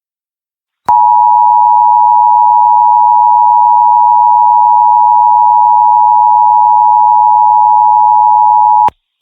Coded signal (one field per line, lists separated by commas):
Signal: Emergency Alert System (SAME) tones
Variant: 853 and 960 Hz attention tone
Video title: The Awakening EAS Scenario - Epilouge Part 5 Remastered